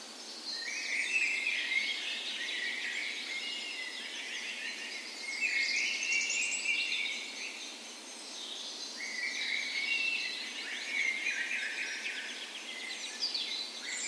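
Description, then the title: Birds: dawn chorus of several birds, whistled songs, rapid chirps and bright trills overlapping continuously, with loudness rising and falling in waves. Dawn chorus in a park west in Bergen, Norway, morning of 17 May, Norway's National Day, in spring; recorded with Sony PCM A10 and LOM Usi microphones as tree ears. "17th Of May Dawn Chorus"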